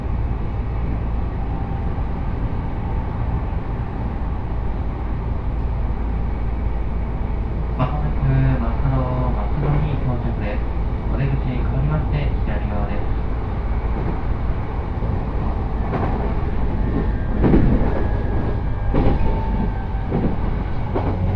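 A Jōban Line local train rumbles steadily on its way from Kita-Senju to Abiko, with a voice around eight to thirteen seconds and scattered clunks.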